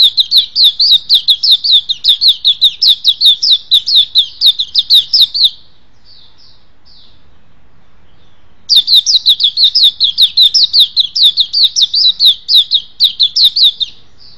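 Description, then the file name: White-eye delivering rapid high twittering phrases, a long run of slurred notes, a few soft notes, a silent gap of about two seconds, then another long burst. "suara pleci"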